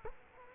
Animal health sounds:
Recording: mosquito wingbeat signal from an infrared sensor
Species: Culex quinquefasciatus

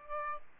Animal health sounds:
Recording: mosquito wingbeat signal from an infrared sensor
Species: Aedes albopictus

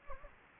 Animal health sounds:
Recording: mosquito wingbeat signal from an infrared sensor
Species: Anopheles gambiae

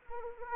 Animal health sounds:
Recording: mosquito wingbeat signal from an infrared sensor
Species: Anopheles arabiensis

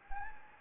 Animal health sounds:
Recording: mosquito wingbeat signal from an infrared sensor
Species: Anopheles gambiae

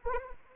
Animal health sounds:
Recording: mosquito wingbeat signal from an infrared sensor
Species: Anopheles arabiensis

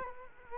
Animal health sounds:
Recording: mosquito wingbeat signal from an infrared sensor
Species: Culex quinquefasciatus

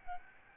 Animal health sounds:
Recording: mosquito wingbeat signal from an infrared sensor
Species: Aedes albopictus

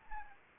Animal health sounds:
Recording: mosquito wingbeat signal from an infrared sensor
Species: Anopheles arabiensis

